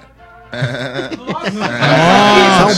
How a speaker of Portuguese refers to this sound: É um bode.